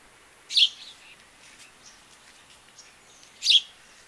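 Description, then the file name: House Sparrow giving two sharp chirps roughly three seconds apart, with a few faint softer notes between them. "Passer domesticus"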